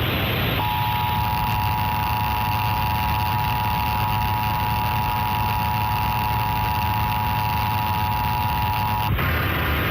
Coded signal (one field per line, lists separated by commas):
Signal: Emergency Alert System (SAME) tones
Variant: 853 and 960 Hz attention tone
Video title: EAS Required Monthly Test – KSAT-TV 12, San Antonio, TX (4/3/2018)